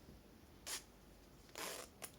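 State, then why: Not seated. A new navy-blue metal zipper, bought for a shirt project, is being pushed together to clip its parts in place. Short bursts of scraping and rubbing come around 0.7 s and 1.6 s, then a sharp tick at about 2.0 s. The zipper part fails to clip in, and nothing has seated or clicked yet.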